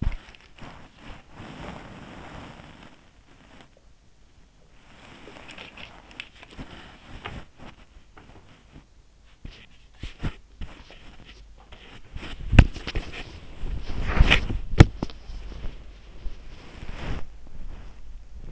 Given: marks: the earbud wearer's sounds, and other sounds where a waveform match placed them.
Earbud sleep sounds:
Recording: sounds in sleep by an in-ear microphone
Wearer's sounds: body movement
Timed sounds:
0.00-18.52 s: body movement

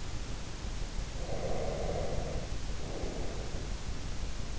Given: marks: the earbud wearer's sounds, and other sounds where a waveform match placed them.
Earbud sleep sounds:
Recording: sounds in sleep by an in-ear microphone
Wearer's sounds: breath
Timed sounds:
1.19-3.71 s: breath

